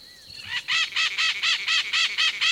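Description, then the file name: White-eyed parakeet giving a rapid series of loud, harsh screeches, many grating notes in quick succession, over a constant high hum. "Psittacara leucophthalmus - White-eyed Parakeet"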